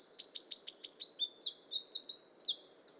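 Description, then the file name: Eurasian wren song, a loud rapid high-pitched outpouring that opens with a string of repeated sharp notes, then runs into fast twittering phrases before stopping abruptly after about two and a half seconds. Song, recorded in Europe. "Zaunkoenig Gesang Voegel in Europa"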